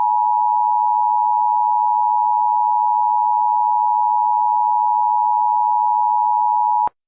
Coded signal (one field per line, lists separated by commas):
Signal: Emergency Alert System (SAME) tones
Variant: 853 and 960 Hz attention tone